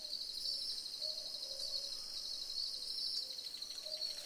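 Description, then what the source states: Southern boobook gives a few low hoots, faint under a dense, continuous high insect chorus. Several owls calling together in a chorus.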